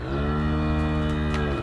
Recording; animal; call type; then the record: contact call of a hoofed animal; cattle; low-frequency (closed-mouth) or high-frequency (open-mouth) call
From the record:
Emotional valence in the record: negative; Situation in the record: full separation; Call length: 1.63 s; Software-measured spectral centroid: 1910 Hz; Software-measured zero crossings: 1040 a second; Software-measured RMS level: -24 dBFS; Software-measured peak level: -12 dBFS